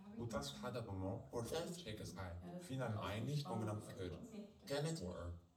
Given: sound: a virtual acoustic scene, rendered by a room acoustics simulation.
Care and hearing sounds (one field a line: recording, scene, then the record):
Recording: noise of the scene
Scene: living room, asymmetric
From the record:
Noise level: 67 dB SPL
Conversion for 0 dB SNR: 5.4 dB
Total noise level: 72.4 dB SPL